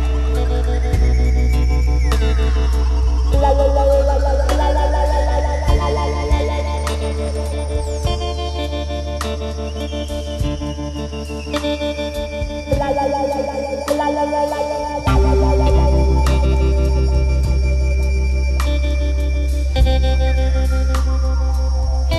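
A dense electronic piece over a deep, steady bass drone, with layered sustained tones that shift in blocks every few seconds. Gliding synth sweeps rise and fall through the upper range, while sharp clicks and hits punctuate the mix at irregular moments throughout.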